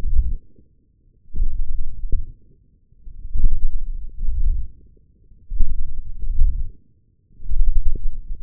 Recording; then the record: forearm muscle sounds (acoustic myography)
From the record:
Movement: wrist extension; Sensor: system 1, eight BSWA MPA416 microphones around the upper forearm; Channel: 5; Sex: male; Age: 18 years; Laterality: right